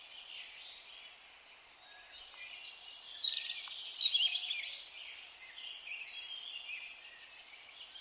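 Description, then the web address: Birds calling with high, thin whistled notes in a quick string, overlaid by a busier lower chirping chatter that peaks midway, then fades to soft background twittering. "cianscape birddata 2025 Bird Only More Classes"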